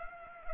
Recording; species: mosquito wingbeat signal from an infrared sensor; Culex pipiens